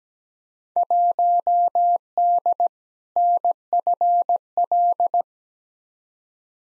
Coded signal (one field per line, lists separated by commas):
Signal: Morse code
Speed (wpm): 17 wpm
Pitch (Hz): 700 Hz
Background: none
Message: 1D NFL